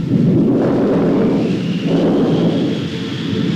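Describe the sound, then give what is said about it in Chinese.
Deep, sustained thunder rolls continuously, swelling and subsiding in loud low rumbles with no voices present, as a storm is about to arrive. “暴风雨要来了。”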